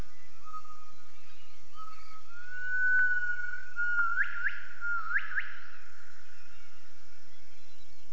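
Gibbon call: a long, steady whistled tone followed by a few quick notes sweeping sharply upward.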